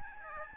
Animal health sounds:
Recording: mosquito wingbeat signal from an infrared sensor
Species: Aedes albopictus

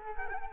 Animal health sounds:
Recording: mosquito wingbeat signal from an infrared sensor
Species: Culex quinquefasciatus

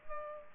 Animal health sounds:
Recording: mosquito wingbeat signal from an infrared sensor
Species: Aedes albopictus

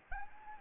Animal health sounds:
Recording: mosquito wingbeat signal from an infrared sensor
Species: Anopheles gambiae

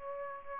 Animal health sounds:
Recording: mosquito wingbeat signal from an infrared sensor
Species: Aedes aegypti

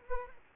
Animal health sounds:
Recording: mosquito wingbeat signal from an infrared sensor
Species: Culex quinquefasciatus

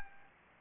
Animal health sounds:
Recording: mosquito wingbeat signal from an infrared sensor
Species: Anopheles gambiae

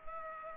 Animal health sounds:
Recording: mosquito wingbeat signal from an infrared sensor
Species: Culex pipiens

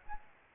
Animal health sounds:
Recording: mosquito wingbeat signal from an infrared sensor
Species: Aedes albopictus

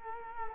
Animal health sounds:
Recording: mosquito wingbeat signal from an infrared sensor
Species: Culex quinquefasciatus

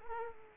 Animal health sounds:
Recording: mosquito wingbeat signal from an infrared sensor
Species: Culex quinquefasciatus

